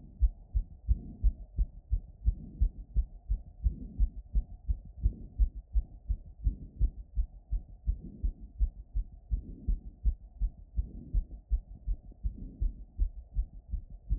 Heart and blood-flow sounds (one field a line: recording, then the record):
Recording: heart sounds by stethoscope after running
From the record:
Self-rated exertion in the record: vigorous exertion (4 of 6)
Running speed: 9 mph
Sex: female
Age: 28 years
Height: 155 cm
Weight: 44 kg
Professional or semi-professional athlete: no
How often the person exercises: 3 to 5 times a week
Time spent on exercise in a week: over 5 hours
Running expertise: yes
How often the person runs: 3 to 5 times a week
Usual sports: running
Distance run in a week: 45 km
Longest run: 32 km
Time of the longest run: 200 minutes